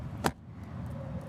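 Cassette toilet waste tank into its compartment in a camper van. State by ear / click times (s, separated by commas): seated / 0.3 s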